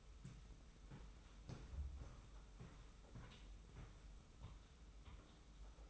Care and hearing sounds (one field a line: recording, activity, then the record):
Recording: daily activity, microphone in the room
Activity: walk to room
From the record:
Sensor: 1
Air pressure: 991.1 hPa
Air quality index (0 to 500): 90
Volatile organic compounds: 32 ppm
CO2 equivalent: 2996 ppm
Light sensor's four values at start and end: 35/114/45/46 and 34/110/43/45